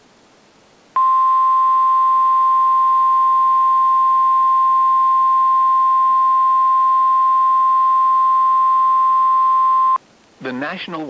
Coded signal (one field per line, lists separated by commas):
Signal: Emergency Alert System (SAME) tones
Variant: 1050 Hz attention tone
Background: speech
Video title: (EAS#3) TORNADO WARNING (02/27/2024)